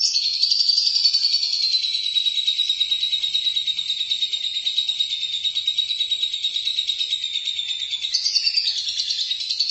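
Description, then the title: Lovebird's rapid, rasping chatter, steady and shrill, with a slight shift in tone toward the end. "BM Suara Burung Lovebird"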